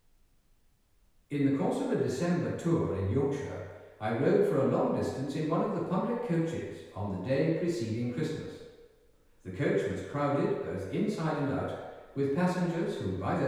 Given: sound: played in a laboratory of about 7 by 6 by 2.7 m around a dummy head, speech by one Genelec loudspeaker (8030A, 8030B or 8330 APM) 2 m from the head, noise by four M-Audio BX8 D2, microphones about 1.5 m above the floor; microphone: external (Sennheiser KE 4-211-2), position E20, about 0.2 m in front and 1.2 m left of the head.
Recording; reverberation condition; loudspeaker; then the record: male speech in English; high; 120 degrees to the right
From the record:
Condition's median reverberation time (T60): about 1300 ms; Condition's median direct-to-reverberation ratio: about -4.0 dB